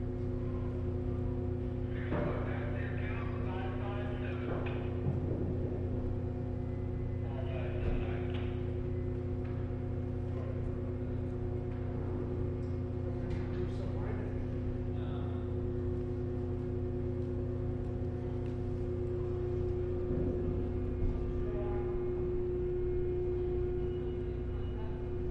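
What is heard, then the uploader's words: On a Seattle-bound ferry's rear car deck, a steady low engine drone and hum run throughout, with bursts of voices and occasional clanks. Seattle Inbound Rear Car Deck Launch Stereo. A days' worth of round-trips on the Seattle-Bainbridge Island Ferry, nearly all short fore-and-aft from then passenger and car decks.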